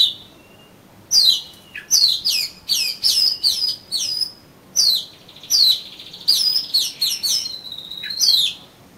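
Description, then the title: Oriental magpie-robin giving a lively run of varied whistled notes, many slurred downward, in close irregular succession after a short opening whistle. "Kacer Kacer"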